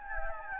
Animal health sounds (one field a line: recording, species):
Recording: mosquito wingbeat signal from an infrared sensor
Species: Anopheles gambiae